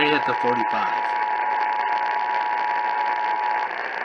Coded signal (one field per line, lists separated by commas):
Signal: Emergency Alert System (SAME) tones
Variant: 853 and 960 Hz attention tone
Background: speech